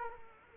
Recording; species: mosquito wingbeat signal from an infrared sensor; Culex quinquefasciatus